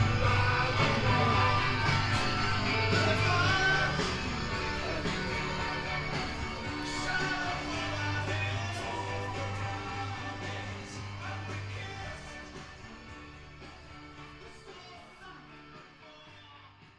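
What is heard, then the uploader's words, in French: Inside a Coney Island shop, a steady low hum runs beneath murmured voices and scattered clinks, slowly fading quieter over the clip. Soundscape of New-York. Avril 2018. Une boutique de Coney Island.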